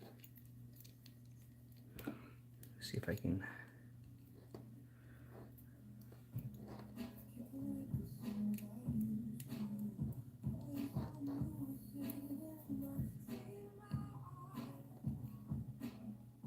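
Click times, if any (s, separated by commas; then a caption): none. A crimped metal contact on a wire is being worked into the back of a plastic Powerpole power connector housing with a screwdriver, giving small scraping and tapping handling sounds while someone talks and music plays in the background. The contact has not snapped into place yet.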